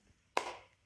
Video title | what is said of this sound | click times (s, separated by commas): Terra Volatile Tarot Deck + Expansion [UPDATED REVIEW!] | You can actually see the two magnets here that close the box with a satisfying click, and there's a very nice black ribbon which makes the deck accessible. | 0.4 s